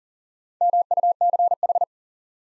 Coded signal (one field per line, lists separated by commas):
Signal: Morse code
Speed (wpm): 40 wpm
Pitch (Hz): 700 Hz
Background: none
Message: MUCH